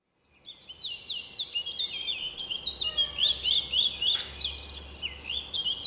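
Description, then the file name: Birds singing, a dense chorus of quick high chirps and rapid repeated notes, with one brief click midway. Birds at dawn in Alvalade. "Passaros madrugada Alvalade"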